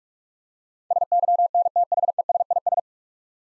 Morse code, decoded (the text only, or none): SYNTHESIS